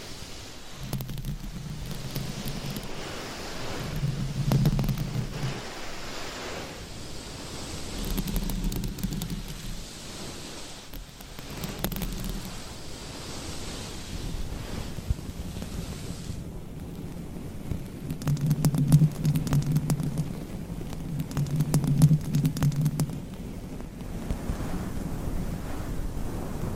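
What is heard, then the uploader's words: Microphones being scratched, heard as a dense, crackling rasp that runs the whole time. Low thumping bursts rise in short pulses about every two to three seconds, and the scratching turns harsher and brighter after about sixteen seconds. ASMR Mic Scratching with 20 DIFFERENT MICS, Mic Covers & CLAWS! No Talking.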